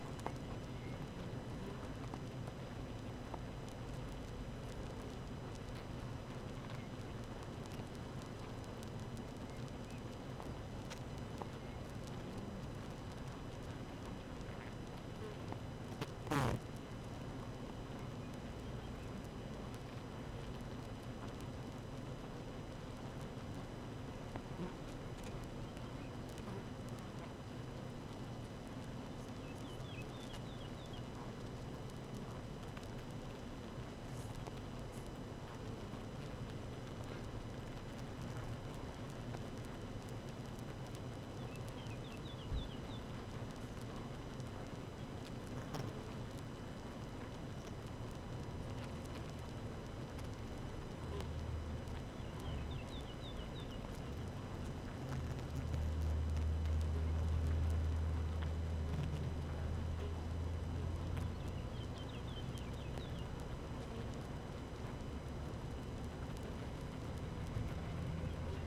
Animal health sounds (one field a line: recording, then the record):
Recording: honeybee colony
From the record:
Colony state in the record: active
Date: 12 June 2018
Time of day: 7:30